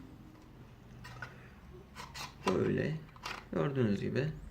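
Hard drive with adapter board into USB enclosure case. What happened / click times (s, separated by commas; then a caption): Handled, not yet home: drive assembly not yet seated in its enclosure / none. A hard drive with a SATA-to-USB adapter board attached is handled while being pushed into a USB enclosure case, with faint handling sounds around 1.0 to 1.2 seconds. Someone talks throughout. Nothing has seated or clicked yet.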